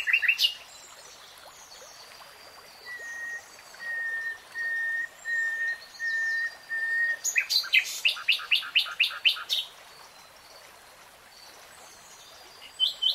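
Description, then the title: Nightingale song: a series of long, pure whistled notes held on one pitch, then a sudden loud burst of rapid, harsh, repeated clicking notes, with faint high twitters behind. Nightingale singing in real time. "[Tiếng chim hót] REALTIME Nightingale Singing"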